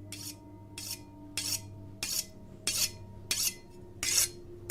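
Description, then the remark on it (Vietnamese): A knife is sharpened on a whetstone in a kitchen in seven steady, evenly spaced strokes, each a bright, hissing scrape, over a faint constant low hum and no voices. “Có những hôm thì ông lại nghe tiếng bà ấy mài dao xoèn xoẹt ở dưới bếp.”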